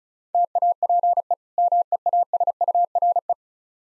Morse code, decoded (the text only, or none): TAPE MEASURE